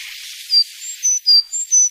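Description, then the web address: Sakhalin leaf warbler song: thin, pure, high whistled notes in a three-note phrase, middle note highest and last slightly lower, given twice over a soft hiss. "sikioto. ezomushikui"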